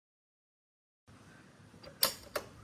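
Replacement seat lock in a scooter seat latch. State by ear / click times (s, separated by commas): released / 2.0 s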